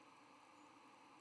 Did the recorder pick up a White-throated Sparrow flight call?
no